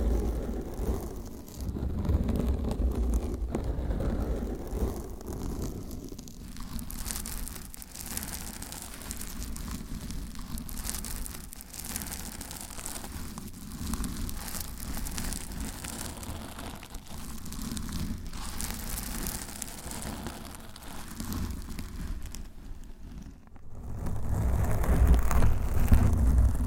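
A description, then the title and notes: Dense scratching and rubbing on a microphone cover, full of low rumble and crackly streaks, briefly dropping near the end before growing louder. ASMR Mic Scratching Battle with 10 DIFFERENT MICS , Mic Covers & Nails No Talking.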